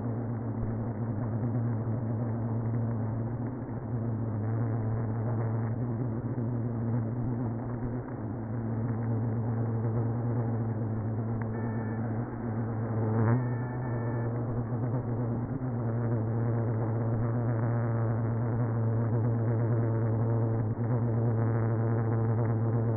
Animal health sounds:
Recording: honeybee colony, microphone inside the hive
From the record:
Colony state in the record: queenless (queen removed)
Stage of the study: after two queens were removed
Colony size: about 60,000 bees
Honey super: yes

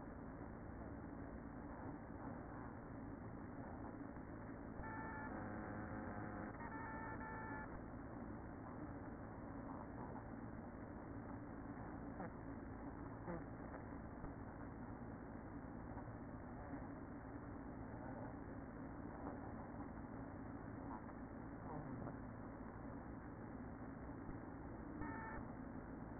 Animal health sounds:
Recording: honeybee colony, microphone inside the hive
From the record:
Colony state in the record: queen present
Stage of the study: after two queens were removed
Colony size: about 60,000 bees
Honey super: yes

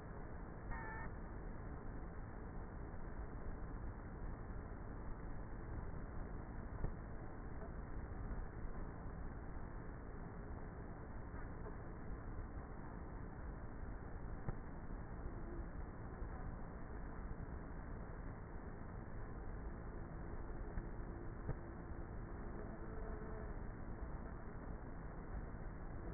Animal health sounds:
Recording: honeybee colony, microphone inside the hive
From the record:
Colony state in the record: queenless with a low population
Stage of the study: before two queens were removed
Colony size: about 30,000 bees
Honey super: no

